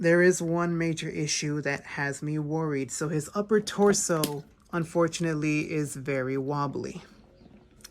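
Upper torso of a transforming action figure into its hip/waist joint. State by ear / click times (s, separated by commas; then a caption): not seated / none. Someone talks while handling the wobbly upper torso of a 2005 Transformers Energon Six Shot action figure, which goes into its hip/waist joint. The joint only clicks into place with no locking point, which makes the torso floppy. Nothing has seated or clicked yet when the clip ends.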